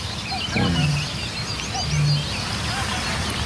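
Two deep, hollow booms of a Eurasian bittern, low and soft, carrying from a distance, while songbirds chirp and twitter faintly in the background.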